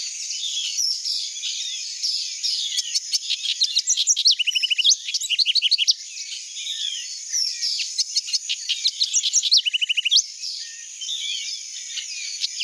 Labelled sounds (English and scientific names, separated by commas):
House Wren (Troglodytes aedon) song